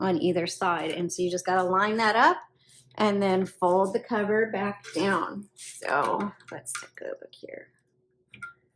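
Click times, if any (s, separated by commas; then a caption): none. Someone talks while handling the hinged top cover of a 1962 blue Olympia SM7 portable typewriter in its original color, lining the cover up on the little pin and groove on each side of the typewriter body before folding it back down. Speech fills most of the clip, followed by a few quiet handling sounds. The cover has not snapped into place yet.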